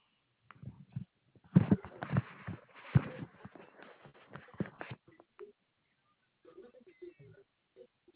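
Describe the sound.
Koala bellowing: a run of rough, low, snoring pulses for about three seconds, then quieter scattered grunts and faint squeaks.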